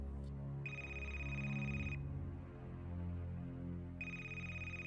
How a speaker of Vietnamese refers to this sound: Tiếng chuông điện thoại vang lên